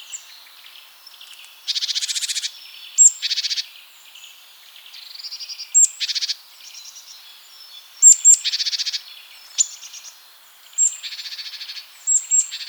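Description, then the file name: Great tit calls: harsh, buzzy rasping bursts repeated irregularly, mixed with thin high sharp notes between them. "Parus major"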